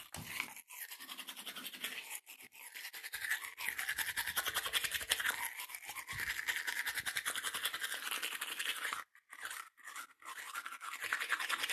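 Teeth brushing: a fast, even scrubbing rasp that runs almost continuously, bright and hissy with little low end. The strokes pause briefly a few times, near the start, around two seconds, and twice late in the clip, then resume at the same brisk pace.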